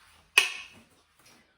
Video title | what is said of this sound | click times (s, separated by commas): How to use the ErgoBaby Omni Breeze, with your newborn | once you hear that click you've got a tightening strap on either side of this lumbar pad | 0.4 s